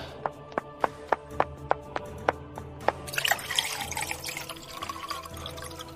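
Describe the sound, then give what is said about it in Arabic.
About nine evenly spaced sharp drips tick by, then water pours steadily into a glass with a bright, bubbling splash that continues to the end. No one speaks. “انتظرني لحظة سآتيك بكأس ماء.”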